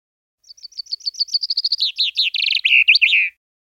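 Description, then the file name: Common chaffinch delivering one full song: high repeated notes quickening into a lower rattling trill and finishing with an emphatic flourish. "Fringilla coelebs"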